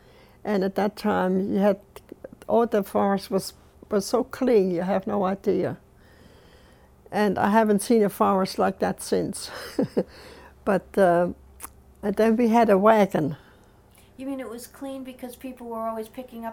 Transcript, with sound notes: And at that time you had, all the forest was so clean, you had no idea. And I haven't seen a forest like that since. (she laughs) But then we had a wagon.
You mean it was clean because people were always picking up...